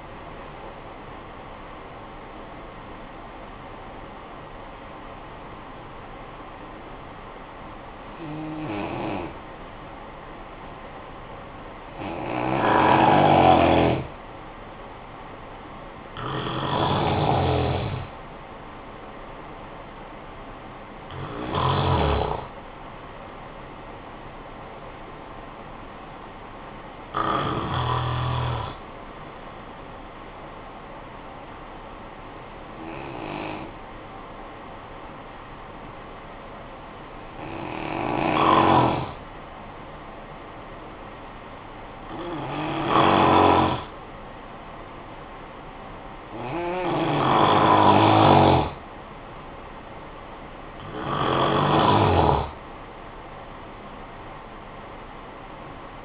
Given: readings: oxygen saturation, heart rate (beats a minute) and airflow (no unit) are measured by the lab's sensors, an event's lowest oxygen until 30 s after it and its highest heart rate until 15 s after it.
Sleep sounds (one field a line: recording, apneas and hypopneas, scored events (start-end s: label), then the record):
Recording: breathing in sleep by a voice recorder at the bedside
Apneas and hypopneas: 2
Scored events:
3.00-16.00 s: hypopnea (N1, oxygen 92% highest, then 90% lowest, heart rate 61 at the start, 64 highest)
34.00-48.90 s: hypopnea (N1, oxygen 95% highest, then 89% lowest, heart rate 54 at the start, 70 highest)
From the record:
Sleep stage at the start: N1 (lightest sleep)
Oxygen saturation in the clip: 88 to 95%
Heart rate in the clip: 53 to 66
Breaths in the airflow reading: 11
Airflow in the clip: -12.2 to 12.8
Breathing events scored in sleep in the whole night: 445 in 7.6 hours asleep